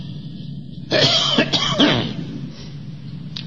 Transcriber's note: coughs